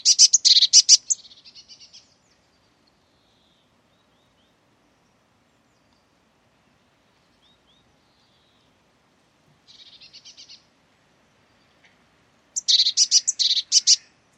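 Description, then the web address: Eurasian blue tit calls in harsh, rapid churring bursts, one at the start, a faint brief one midway, and a loud one near the end. "cianscape birddata Deverinetal 2025 File origin Bird Only Cy Ca"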